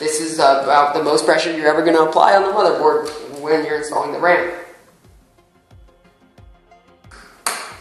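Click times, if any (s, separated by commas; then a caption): 7.5 s. Someone talks while pressing a RAM module into a motherboard DIMM slot, holding the board up so the pins underneath aren't bent. After the talking fades, a few faint taps sound around 5.7, 6.4 and 7.0 seconds, then a sharp, loud click at 7.5 seconds. The click latches only one side clip of the slot, so a second click is still needed to seat the stick fully.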